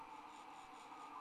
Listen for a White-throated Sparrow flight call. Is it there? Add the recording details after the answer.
no. No flight call is heard. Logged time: 03:00 on 30 November 2014